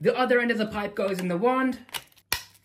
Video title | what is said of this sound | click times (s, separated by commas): New Hoover HL4 Anti Twist Pets Vacuum cleaner - Unboxing & First Look | locks into place and finally the wand goes into the top of the the vacuum and it locks into place | 2.3 s